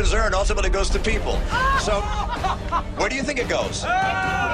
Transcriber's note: laughter